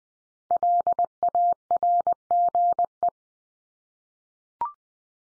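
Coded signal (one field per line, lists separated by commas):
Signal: Morse code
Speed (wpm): 20 wpm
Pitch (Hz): 700 Hz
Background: none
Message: LARGE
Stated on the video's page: Computer-generated Morse head-copy drill of the 500 most common English words at 20 wpm, each word sent three times, then spoken, then sent again.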